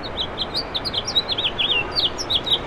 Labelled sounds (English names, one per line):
House Finch song